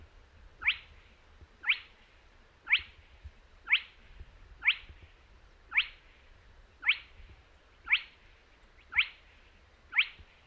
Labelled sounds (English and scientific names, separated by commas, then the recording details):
Spotted Crake (Porzana porzana)
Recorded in the wild
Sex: male
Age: adult
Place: Kützerhof, Kummerower See, Mecklenburg-Vorpommern, DE
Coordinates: 53.8564, 12.8597
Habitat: wetland
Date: 2009-06-17
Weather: leicht bewölkt, schwacher Wind aus West, ca. 10 °C
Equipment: Sound Devices 702, Sennheiser MKH 70, Popschutz
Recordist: Frommolt, Karl-Heinz
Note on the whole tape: Polder Große Rosin: Rufe eines Tüpfelsumpfhuhnes. Entfernung 5 -10 m. Halleffekte durch Wald bedingt